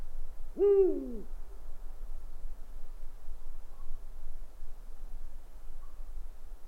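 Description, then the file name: Owl hooting once at the start, a short resonant note that slides down, followed by quiet low hum. "gufo"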